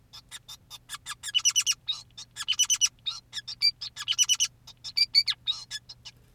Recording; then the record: song of a male Bengalese finch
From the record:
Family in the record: son of father 2, and himself father 5